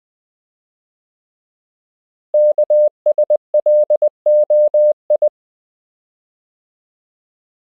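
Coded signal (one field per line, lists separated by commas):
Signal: Morse code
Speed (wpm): 20 wpm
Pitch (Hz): 600 Hz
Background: none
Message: KSLOI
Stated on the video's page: Koch method lesson 12 drill: English words and ham radio QSO patterns at 20 WPM, generated by a Morse app.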